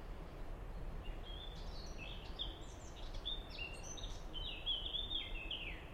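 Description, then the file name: Common blackbird song: a continuous stream of clear whistled notes, short slurs and twittering elements over a steady background hiss. "merle"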